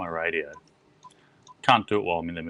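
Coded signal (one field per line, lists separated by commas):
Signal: none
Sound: radio key beeps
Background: speech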